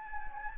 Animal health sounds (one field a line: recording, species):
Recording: mosquito wingbeat signal from an infrared sensor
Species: Anopheles gambiae